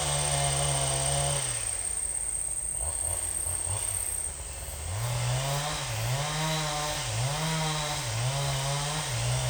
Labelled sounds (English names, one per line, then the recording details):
none
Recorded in secondary vegetation near Puerto Asís, Putumayo, Colombia, on 26 December 2024 at 10:00
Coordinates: 0.484, -76.319
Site GP06